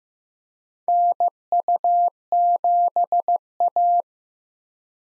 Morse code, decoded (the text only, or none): NU7A